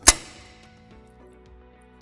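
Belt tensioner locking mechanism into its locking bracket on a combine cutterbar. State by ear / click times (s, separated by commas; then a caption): seated / 0.1 s. On a LEXION CONVIO combine cutterbar, after the belt tension locator is set with the turnbuckle, the metal belt tensioner locking lever is pulled toward the locker and locks against the locking bracket on the bottom. A single sharp metallic hit lands at 0.1 s, then fades into a quiet tail. The lever is seated, locked into place, with the washer visible against the green sticker.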